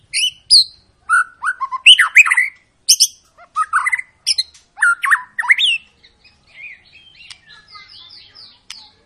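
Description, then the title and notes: White-rumped shama song of loud varied whistles and chips in quick bursts, trailing off into fainter, softer notes in the last few seconds. Long lure song of a singing white-rumped shama, played to prompt other birds to sing. "Pancingan Murai Batu Gacor Panjang. muraiku"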